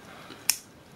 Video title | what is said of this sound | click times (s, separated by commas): 11 years old parcel of aircraft circuit breakers and teardown | when you push yes it like locks in place and | 0.5 s